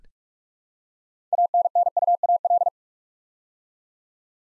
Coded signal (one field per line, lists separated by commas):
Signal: Morse code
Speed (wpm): 44 wpm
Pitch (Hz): 700 Hz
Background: none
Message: ANNUAL